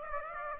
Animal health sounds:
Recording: mosquito wingbeat signal from an infrared sensor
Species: Aedes aegypti

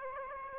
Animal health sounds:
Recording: mosquito wingbeat signal from an infrared sensor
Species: Aedes aegypti

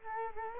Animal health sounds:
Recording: mosquito wingbeat signal from an infrared sensor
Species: Culex quinquefasciatus

